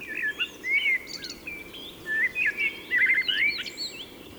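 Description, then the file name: Common blackbird giving short whistled, sliding notes in quick bursts, some warbled and rising. "Turdus merula"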